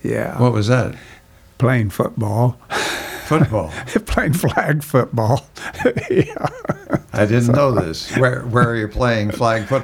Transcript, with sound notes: What was that?
Playing football.
Football?
Flag football. Yeah (Laughing)
I didn't know this. Where are you playing flag football?